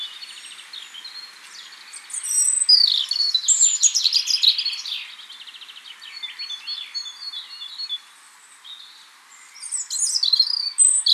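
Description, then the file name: European robin warbling continuously, quiet trills building into loud jumbled high phrases, easing off, then rising again at the end. "Erithacus rubecula"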